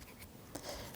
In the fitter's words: And it miraculously pops right into place.